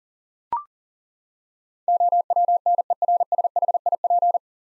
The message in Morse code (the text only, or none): OWNERSHIP